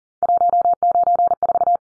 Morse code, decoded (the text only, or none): 194